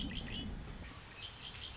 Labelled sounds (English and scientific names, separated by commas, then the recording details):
Red-winged Blackbird (Agelaius phoeniceus)
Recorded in Sonoma County, California